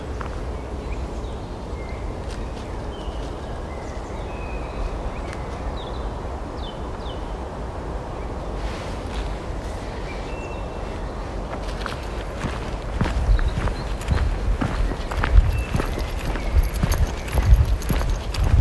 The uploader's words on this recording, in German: Abends mit dem Hund raus. Eine Stunde Spaziergang im Wald mit Hund. Viele Vögel, ein paar andere Spaziergänger*innen, keine anderen Hunde.